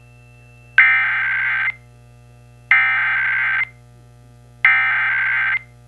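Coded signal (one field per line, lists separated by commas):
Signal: Emergency Alert System (SAME) tones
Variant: header bursts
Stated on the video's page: Pennsylvania required monthly test tones relayed by television stations and recorded from a streaming TV DVR.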